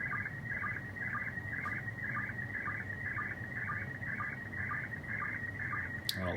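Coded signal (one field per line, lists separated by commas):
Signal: SSTV (slow-scan television)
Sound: steady warbling high tone with short lower sync chirps about twice a second, then a click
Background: radio static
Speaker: you can see how much clearer this picture is coming in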